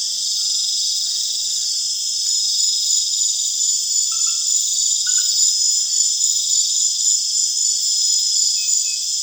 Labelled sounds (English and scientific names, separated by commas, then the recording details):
none
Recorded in pastures near Puerto Asís, Putumayo, Colombia, on 29 June 2025 at 20:00
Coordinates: 0.502, -76.324
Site G010